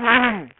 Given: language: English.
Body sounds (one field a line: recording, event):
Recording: throat vibration sensor signal played as sound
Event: throat clearing